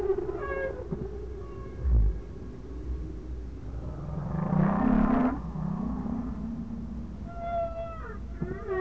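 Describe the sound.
Whale sounds underwater: low rumbling, a swelling moan with a rising sweep midway, and brief tonal notes near the start and end.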